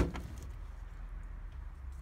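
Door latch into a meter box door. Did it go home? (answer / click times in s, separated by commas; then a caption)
no / none. A door latch is turned and lined up in the hole of a meter box door, making sure it goes the right way around before it is pushed home. Only faint handling sounds are heard over a low background hum, with small taps at about 0.2 and 0.4 seconds. The latch has not clicked into place yet.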